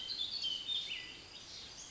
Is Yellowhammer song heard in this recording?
no